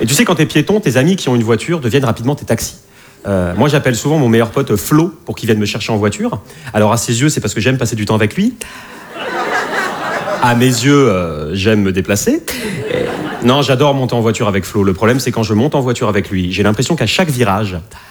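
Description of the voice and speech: A man tells a comic story in fluent, clear French at a lively pace, with short pauses: ordinary adult speech.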